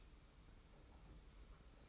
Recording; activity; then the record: daily activity, microphone in the room; take from stove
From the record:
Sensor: 1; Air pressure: 991.1 hPa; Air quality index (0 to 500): 91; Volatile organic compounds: 33 ppm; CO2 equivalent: 3023 ppm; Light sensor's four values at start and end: 36/117/46/47 and 36/117/46/47